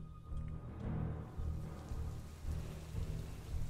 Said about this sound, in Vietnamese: Mưa đã bắt đầu nặng hạt. Những hạt mưa mang theo âm phong dấy lên cuồn cuộn. Từ trên bầu trời những luồng điện cứ không ngừng giáng xuống liên hồi, kèm theo đó là những tiếng nổ đùng đoàn, tựa hồ như cơn giận dữ của thiên lôi.